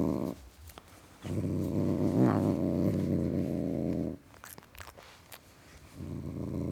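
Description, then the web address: Cat's long low rumbling growl for about three seconds, a pause with soft clicks, then the growl resumes. Tom cat (male) growling. "The BBC Sound Effects Library - Complete 60 CDs Collection (Cats) Tom Cat Growling"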